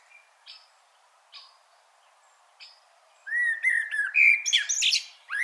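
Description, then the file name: Common blackbird song: a few faint, short, high notes about once a second, then a loud phrase of low fluty whistling rising into squeaky, chattering twitters. "Turdus merula"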